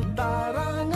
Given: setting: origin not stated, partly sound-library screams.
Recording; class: one-second piece from a danger detection set; normal situation